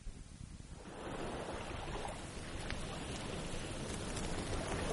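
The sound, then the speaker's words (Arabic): River water laps steadily at the shore of the Tigris River at Basra, a continuous rushing wash with a soft gusty edge that swells slightly after the first second and holds evenly throughout, with no voices. “راح معبد على شاطئ نهر الدجلة يدور على مركب يواصل بها الرحلة.”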